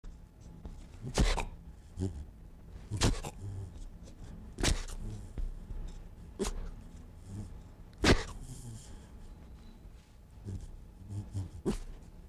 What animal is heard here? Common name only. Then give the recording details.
Red Fox. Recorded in captivity. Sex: male. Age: adult. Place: Zoologisches Institut der HUB, Berlin, DE. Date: 1959-11-14. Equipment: Reporter, Vollspur 19 cm. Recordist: Tembrock, Günter